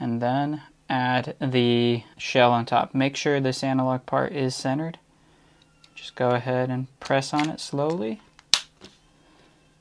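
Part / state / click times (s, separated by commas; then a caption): plastic top shell onto a mobile gaming controller frame / seated / 8.5 s. Someone talks while the plastic top shell of a Razer Kishi V2 Pro mobile game controller is set over the internal frame, centered on the analog stick, and pressed down slowly. A single sharp, loud snap at 8.5 s marks the shell seating into place, followed by quiet.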